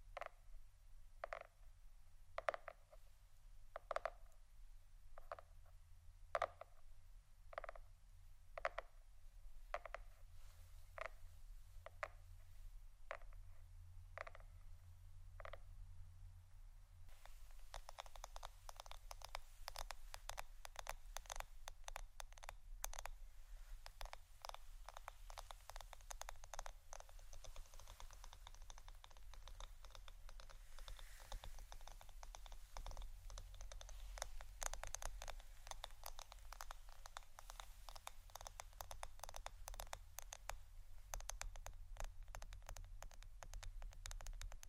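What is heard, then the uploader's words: Tapping in an even, steady beat of about one tap per second for seventeen seconds, then shifting to fast, dense, irregular tapping over a low hum. ASMR Pure Tapping （No Talking）.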